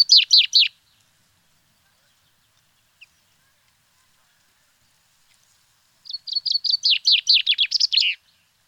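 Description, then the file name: Common chaffinch singing two phrases about six seconds apart, each a rapid series of bright, descending high notes. "Fringilla coelebs"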